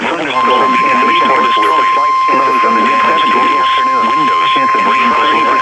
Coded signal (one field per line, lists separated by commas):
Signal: Emergency Alert System (SAME) tones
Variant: 1050 Hz attention tone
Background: speech